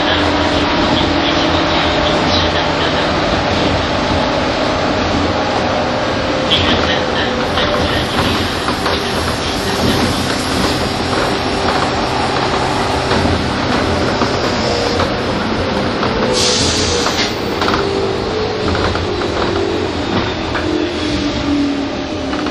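A train on the Tokyo–Takao line rolls along with a thick, steady rumble that stays at an even loudness throughout. Faint motor whines drift in pitch, sliding noticeably in the last few seconds, while brief hissy bursts come near 6 and 16 seconds.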